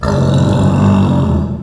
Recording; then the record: squeal of a Yucatan mini pig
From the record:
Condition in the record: after surgery on the right vocal fold (resection and tissue-engineered implant); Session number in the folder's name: 17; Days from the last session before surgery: 195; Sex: female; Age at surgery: 19 weeks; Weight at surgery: 25 kg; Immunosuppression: prednisolone